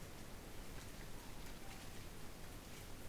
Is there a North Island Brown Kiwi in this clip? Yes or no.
no